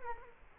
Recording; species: mosquito wingbeat signal from an infrared sensor; Culex quinquefasciatus